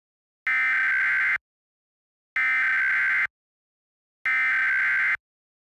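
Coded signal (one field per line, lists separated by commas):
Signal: Emergency Alert System (SAME) tones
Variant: header bursts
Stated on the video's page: Fictional EAS scenario made with valid EAS tones.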